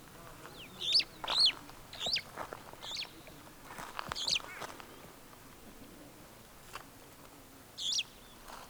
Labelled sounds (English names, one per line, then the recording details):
Superb Starling flight call
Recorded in Kenya